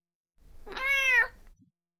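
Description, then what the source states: Cat meowing: a single clear, tonal meow that rises slightly then falls, lasting about half a second. Playful cat.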